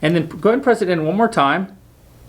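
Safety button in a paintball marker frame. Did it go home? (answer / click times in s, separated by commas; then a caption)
no / none. Someone talks while an Allen key is used to press the safety button of a Shocker ERA mechanical frame on a paintball marker in one more time, so the spring-loaded detent ball will click into the safety's notch and keep the safety from falling out. No click is heard: the safety has not clicked or seated yet when the clip ends.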